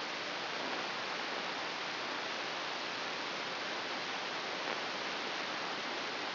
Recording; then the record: brain microelectrode recording played as sound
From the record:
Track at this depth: inside the subthalamic nucleus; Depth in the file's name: 6.732 mm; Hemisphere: right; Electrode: 2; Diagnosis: Parkinson's disease